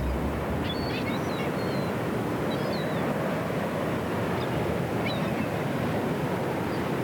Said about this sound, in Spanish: los personajes de sus historias los podemos hacer nosotros y meter efectos y ambientes como si habláramos de una tarde en la orilla del mar.